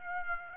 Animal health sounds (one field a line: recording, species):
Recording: mosquito wingbeat signal from an infrared sensor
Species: Aedes aegypti